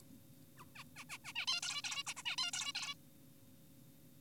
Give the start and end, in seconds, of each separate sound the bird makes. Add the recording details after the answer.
0.58-0.65, 0.76-0.84, 0.96-1.04, 1.10-1.18, 1.24-1.33, 1.36-1.46, 1.48-1.61, 1.63-1.82, 1.84-2.04, 2.07-2.14, 2.17-2.23, 2.26-2.36, 2.38-2.51, 2.54-2.73, 2.75-2.95. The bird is an adult. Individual g4p5U